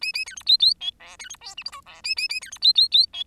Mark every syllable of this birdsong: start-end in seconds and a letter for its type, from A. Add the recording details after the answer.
0.01-0.12 A, 0.13-0.25 A, 0.26-0.35 B, 0.36-0.43 C, 0.46-0.57 D, 0.59-0.74 D, 0.80-0.91 E, 0.99-1.17 F, 1.19-1.29 B, 1.29-1.36 C, 1.41-1.55 G, 1.57-1.63 H, 1.65-1.71 I, 1.72-1.81 J, 1.86-2.02 F, 2.04-2.15 A, 2.16-2.28 A, 2.29-2.40 A, 2.41-2.51 B, 2.51-2.58 C, 2.61-2.73 D, 2.75-2.88 D, 2.91-3.06 D, 3.13-3.23 E. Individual Bird10